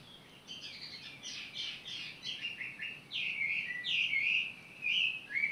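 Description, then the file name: Bird song: a fast run of high twittering notes builds into louder, warbled phrases that sweep down and up, continuing almost without pause. Recorded on 18 April 2022. "20220418 birdsong"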